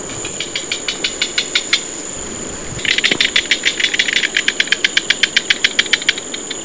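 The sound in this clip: Frog calling with rapid clicking pulses, a quieter series at first and then a louder train from about three seconds on, over a steady hiss.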